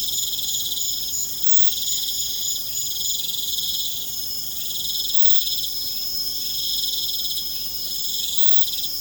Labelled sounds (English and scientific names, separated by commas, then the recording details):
none
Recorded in pastures near Puerto Asís, Putumayo, Colombia, on 29 June 2025 at 22:30
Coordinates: 0.472, -76.331
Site G095